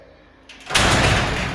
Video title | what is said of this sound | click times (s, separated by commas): SCPD D10 EPC 121817 | down on the red cord which disengages the automatic mechanism you will then hear it click once | 0.5 s